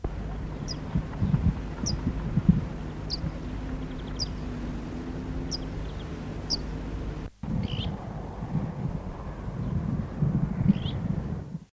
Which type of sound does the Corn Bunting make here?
call